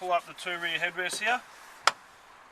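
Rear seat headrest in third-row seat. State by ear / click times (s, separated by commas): seated / 1.9 s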